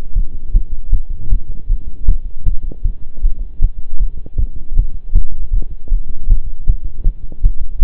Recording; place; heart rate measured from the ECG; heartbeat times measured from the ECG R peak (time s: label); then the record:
heart sounds by stethoscope; between the tricuspid and mitral areas; 157 bpm
0.16 s: heartbeat
0.54 s: heartbeat
0.93 s: heartbeat
1.31 s: heartbeat
1.69 s: heartbeat
2.08 s: heartbeat
2.46 s: heartbeat
2.84 s: heartbeat
3.23 s: heartbeat
3.62 s: heartbeat
4.00 s: heartbeat
4.38 s: heartbeat
4.77 s: heartbeat
5.15 s: heartbeat
5.52 s: heartbeat
5.91 s: heartbeat
6.30 s: heartbeat
6.67 s: heartbeat
7.05 s: heartbeat
7.43 s: heartbeat
7.81 s: heartbeat
From the record:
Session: pedaling a stationary bicycle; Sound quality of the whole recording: partially saturated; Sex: male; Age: 23 years